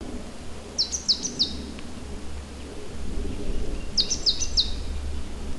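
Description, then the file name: Great tit calls in two quick bursts of three sharp, high, downslurred notes, about three seconds apart, over a steady low rumble of background noise. "Parus major"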